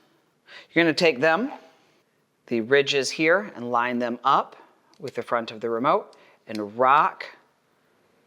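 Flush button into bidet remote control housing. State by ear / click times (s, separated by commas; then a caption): not seated / none. A TOTO auto flush kit button for an Aquia IV top button flush is held with its ridges lined up against the front of the bidet remote, ready to be rocked down into the plastic housing. Someone talks throughout, with pauses between phrases. Nothing has seated or clicked yet.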